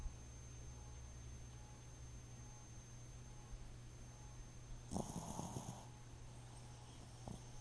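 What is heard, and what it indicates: A pet named Jojo Boo snoring: a steady low rumble runs throughout, broken by one louder snort-like burst near the five-second mark and a brief click later. No words are spoken; a faint high whine sits in the background.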